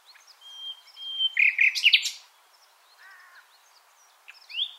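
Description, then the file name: Common nightingale song: a thin drawn whistle, then a burst of harsh rich notes, quiet, and a few scattered chirps. "Luscinia megarhynchos"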